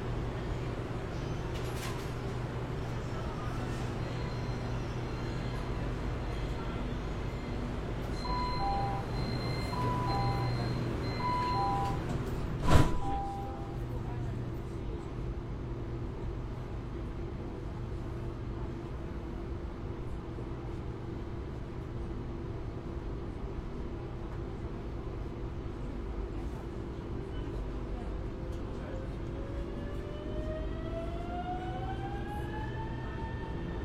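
Metro train air conditioning runs as a steady, dense hum with a low drone throughout. Around 8–13 seconds a series of short beeping tones chimes, followed by a sharp knock near 12 seconds; near the end a rising whine builds as the train accelerates.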